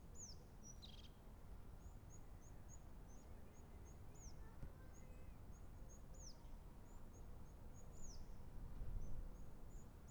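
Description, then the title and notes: European crested tit calling with a short purring trill near the start, then high downslurred notes and a rapid run of thin ticks, all above constant low background noise. Recorded in Montjuïc Cemetery, Barcelona, Spain, from an interior passage facing the Olympic ring. "Cementiri de Montjuic. herrerillo capuchino (Lophophanes cristatus)"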